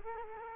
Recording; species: mosquito wingbeat signal from an infrared sensor; Culex quinquefasciatus